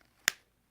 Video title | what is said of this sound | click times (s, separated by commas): Cammenga 3H Military Compass review | snap you can hear the snap it's | 0.3 s